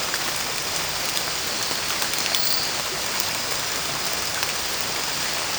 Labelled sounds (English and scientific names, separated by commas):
none